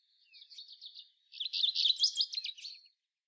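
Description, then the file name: Common chaffinch song: a soft run of high chirps, a brief pause, then a louder, faster trilled phrase of sharp notes ending after about three seconds. "Fringilla coelebs"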